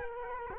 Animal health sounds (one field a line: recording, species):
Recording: mosquito wingbeat signal from an infrared sensor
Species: Culex quinquefasciatus